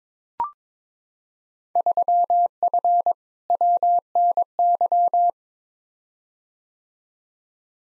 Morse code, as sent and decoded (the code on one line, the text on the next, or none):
...-- ..-. / .-- -. -.--
3F WNY